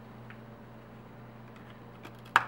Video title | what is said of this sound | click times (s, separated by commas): Intel Broadwell NUC Kit NUC5i7RYH Build | okay heard it going click | 2.4 s